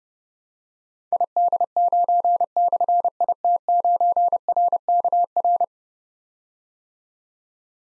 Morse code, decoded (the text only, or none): ID9/IT9RKR